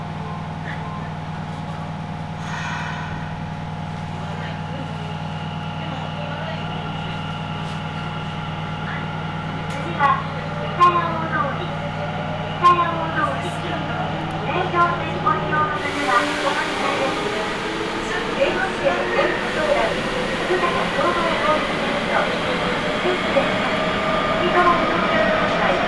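A ride on the Nagoya Municipal Subway Sakura-dori Line begins with a steady low hum and a constant tone as the train stands. From about ten seconds, voices or an announcement come through, and around sixteen seconds the hum cuts out, replaced by a rising rush of running noise.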